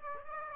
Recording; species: mosquito wingbeat signal from an infrared sensor; Aedes aegypti